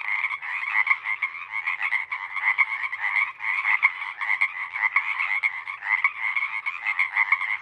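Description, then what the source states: Dense Pacific Chorus Frog chorus of overlapping creaky croaks throughout. Full chorus of a single pod, recorded night of April 21–22, 2019, Sinlahekin Valley; a deafening wall of calls lasting hours until the night air cools.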